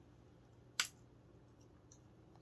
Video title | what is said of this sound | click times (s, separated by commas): Hasbro VS Zord Ascension Project Dino Megazord (Mighty Morphin Power Rangers) | like it's just like a little click and | 0.8 s